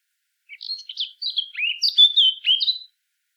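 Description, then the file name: Eurasian blackcap song, a brief scratchy warble that turns into loud fluty whistles, ending on a bright high note. "Sylvia atricapilla"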